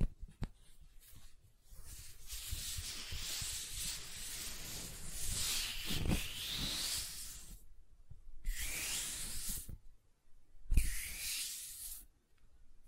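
Gentle silicone sounds: soft rubbing and hissing strokes fill most of the first eight seconds, swelling around six seconds with a low thump. After a brief pause, two shorter bright swishes follow near nine and eleven seconds, separated by quiet gaps.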